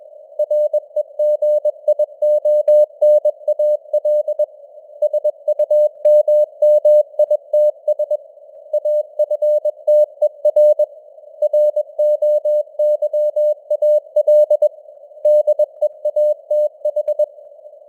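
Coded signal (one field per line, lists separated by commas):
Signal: Morse code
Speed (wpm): 21 wpm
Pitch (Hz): 600 Hz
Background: none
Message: REGIONAL SUMMITS AFTER ROYAL DEATH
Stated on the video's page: News headlines sent at 21 wpm with simulated radio noise and varying signal strength (QSB).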